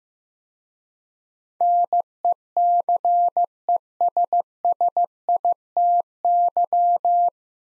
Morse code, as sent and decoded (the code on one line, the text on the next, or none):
-. . -.-. . ... ... .. - -.--
NECESSITY